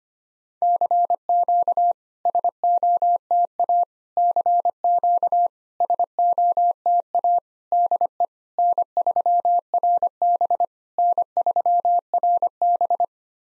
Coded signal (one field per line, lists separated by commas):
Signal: Morse code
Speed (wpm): 25 wpm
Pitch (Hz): 700 Hz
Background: none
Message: CQ SOTA CQ SOTA DE N3RB N3RB